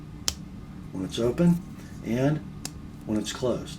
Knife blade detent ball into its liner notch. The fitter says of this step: and then you can hear it click in and it's very positive